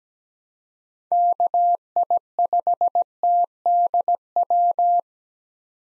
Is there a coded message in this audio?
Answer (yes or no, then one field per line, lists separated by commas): yes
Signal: Morse code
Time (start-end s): 1.1-5.0 s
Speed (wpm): 17 wpm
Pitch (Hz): 700 Hz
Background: none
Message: KI5TDW